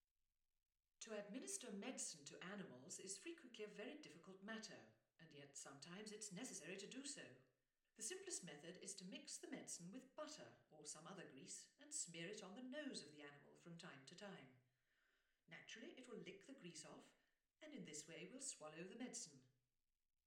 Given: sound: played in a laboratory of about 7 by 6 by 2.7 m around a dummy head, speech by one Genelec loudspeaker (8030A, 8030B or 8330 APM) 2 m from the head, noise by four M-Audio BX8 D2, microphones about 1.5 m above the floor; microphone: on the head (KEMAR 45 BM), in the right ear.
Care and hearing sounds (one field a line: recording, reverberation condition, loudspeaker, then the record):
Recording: female speech in English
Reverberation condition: medium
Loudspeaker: 60 degrees to the right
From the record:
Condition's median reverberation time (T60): about 510 ms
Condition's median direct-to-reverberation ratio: about -0.5 dB